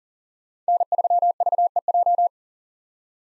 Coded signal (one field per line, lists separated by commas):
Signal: Morse code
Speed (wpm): 40 wpm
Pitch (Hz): 700 Hz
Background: none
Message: N3VEJ